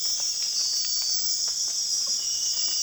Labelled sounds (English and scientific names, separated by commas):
none